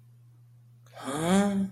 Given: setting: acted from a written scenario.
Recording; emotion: vocal sound without words; confusion